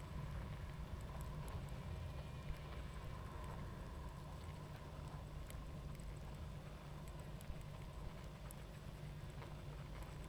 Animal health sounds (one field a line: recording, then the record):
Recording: honeybee colony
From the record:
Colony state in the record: active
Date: 28 July 2017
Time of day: 21:49